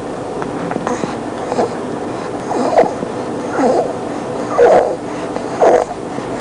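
A child's breathing carries short, pitched, crowing noises that recur about once a second, roughly 58 a minute, with rough breath sounds between them. This is stridor, a harsh noise from air forced through a narrowed upper airway.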